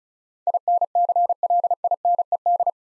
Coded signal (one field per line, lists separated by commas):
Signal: Morse code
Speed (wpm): 36 wpm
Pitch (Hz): 700 Hz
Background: none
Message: INCLINED